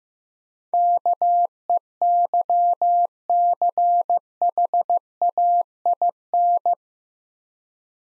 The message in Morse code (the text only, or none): KEYCHAIN